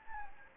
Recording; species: mosquito wingbeat signal from an infrared sensor; Anopheles gambiae